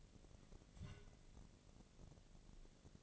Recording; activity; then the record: daily activity, microphone in the room; take from stove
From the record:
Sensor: 4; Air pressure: 1000.8 hPa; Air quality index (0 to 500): 126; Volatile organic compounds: 1 ppm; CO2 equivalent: 945 ppm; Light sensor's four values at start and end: 40/96/41/45 and 41/100/42/47